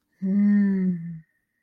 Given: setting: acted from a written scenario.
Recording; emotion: vocal sound without words; awe